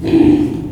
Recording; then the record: squeal of a Yucatan mini pig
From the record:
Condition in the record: before surgery on the right vocal fold (resection and tissue-engineered implant); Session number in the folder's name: 2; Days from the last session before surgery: -15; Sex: female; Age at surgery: 19 weeks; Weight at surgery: 25 kg